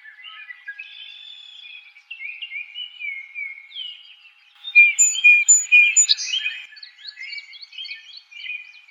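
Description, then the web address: Song Sparrow giving soft warbled and slurred notes, then a louder run of rapid, varied notes from about the middle onward. Recorded 4 January 2007. "Song Sparrow 2007 01 04"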